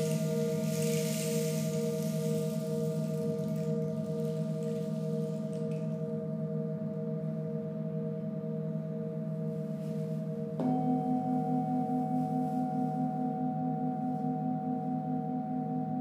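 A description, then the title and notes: Singing bowls hum in steady, layered tones, with a bright shimmering rattle fading by six seconds and a new bowl struck near eleven seconds. This is the first track I recorded of Vicky and Emma at Omoon Studio in Tsim Sha Tsui, HK. Emma journeys around the room and plays singing bowls or other sound instruments to each participant while Vicky creates the overall mood in the space from a stationary position. Vicky played the singing bowls and tongue drum and Emma played the rain 'ring' and some bowls.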